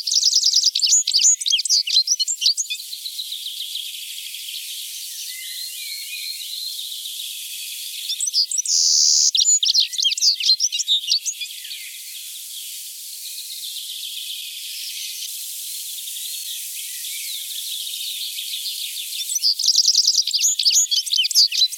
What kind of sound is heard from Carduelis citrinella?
song